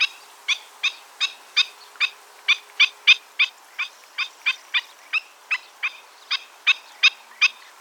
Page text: Marco Dragonetti - Ходулочник (Himantopus himantopus)